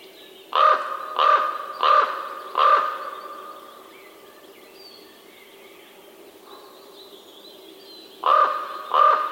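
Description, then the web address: Raven giving harsh, hoarse croaks, four in quick succession, then a pause and two more croaks near the end. "bird raven"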